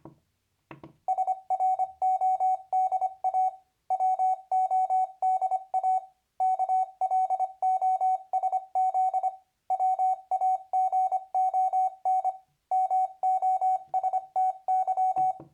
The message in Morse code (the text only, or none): SRODA WODA KLOSZ WAGON MOSTY